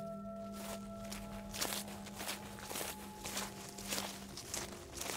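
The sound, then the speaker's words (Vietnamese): Soft, irregular rustling and crunching, like steps shuffling through leaves or undergrowth, repeating in uneven bursts over a low steady hum with no talking; a toad hopping on a pile of dry leaves in a large garden at night. “Tự dưng đằng sau có tiếng sột soạt vang lên.”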